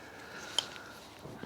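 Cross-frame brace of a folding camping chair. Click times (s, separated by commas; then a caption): 0.6 s. A folding camping chair's pull-out cross-frame brace is pushed until it locks into position, with a sharp click at 0.6 s and a fainter tick at 0.8 s. The cross frame is seated and locked.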